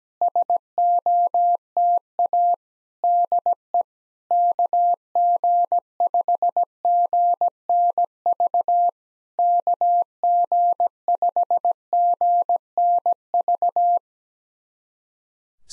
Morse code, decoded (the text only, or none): SOTA DE KG5GNV KG5GNV